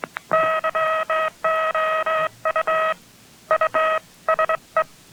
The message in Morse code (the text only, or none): YOU USE